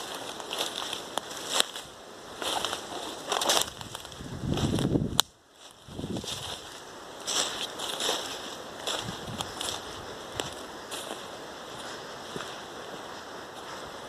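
Logging in a forest, with a steady machine drone and a thin, constant whine running throughout. Scattered knocks and clicks come every second or so. Around four seconds a deep rumble swells, ends in a sharp crack, and after a brief hush the drone resumes.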